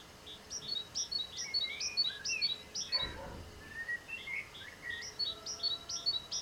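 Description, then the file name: Great tit song: bright two-note phrases repeated rapidly in two bursts, with another bird's thinner, lower warbled notes in between and a brief rustling thump near the middle. "Parus major"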